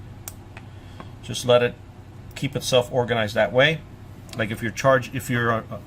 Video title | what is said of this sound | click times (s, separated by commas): Keep your device charging cable neat & out of the way! NEW PRODUCT! | just like you can hear it click | 0.3 s